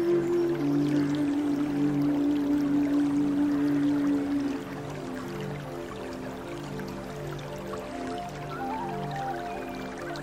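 A flute holds one long, low note for about four and a half seconds, then falls quieter, with softer, higher notes rising near the eight-second mark. A steady, watery rainforest hiss with light drips runs underneath, and faint bird calls enter near the end.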